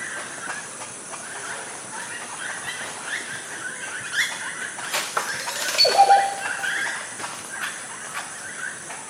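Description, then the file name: Oropendola song, one liquid burst ending in a short pure note just past the middle, over a constant insect-like background buzz. "oropendola bird singing"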